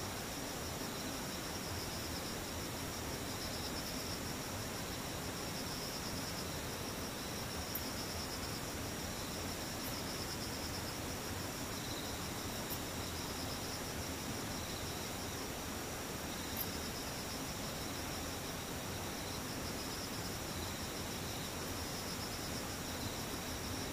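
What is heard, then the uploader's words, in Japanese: Cicadas and other insects keep up a steady, dense drone for the whole stretch, with bright bands of shrill buzzing and no pauses. A few faint ticks cut through around the middle, over a low, constant hiss underneath. セミムシ。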